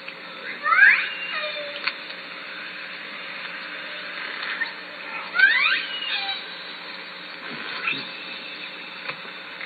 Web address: SRKW call-catalog Orca Calls Lime Kiln June